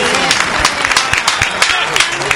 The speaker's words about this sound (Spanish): Vamos, aplauso.